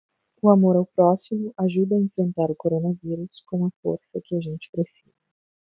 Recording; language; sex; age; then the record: spoken sentence; Brazilian Portuguese; female; 20 to 29 years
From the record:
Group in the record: control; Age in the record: 25 years